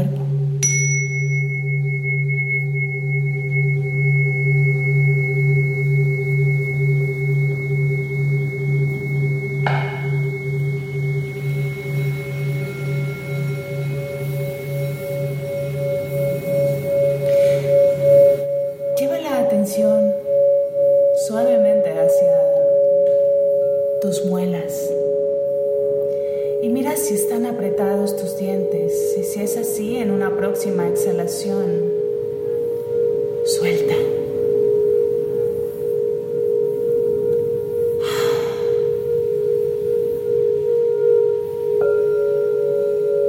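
Tibetan singing bowls ring in long sustained overlapping tones, with a low hum fading near eighteen seconds, then softly spoken voices amid new strikes.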